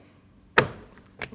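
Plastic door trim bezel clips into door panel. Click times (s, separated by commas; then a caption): 0.6 s. A plastic door trim bezel on a 2012-2021 Nissan NV2500, being refitted during a mirror replacement, is pushed down at the back after its front clips are engaged. It snaps into the door panel with a loud, sharp snap at 0.6 s, followed by a faint tick near 1.0 s and another smaller sharp tap near 1.2 s. The bezel clip seats fully home.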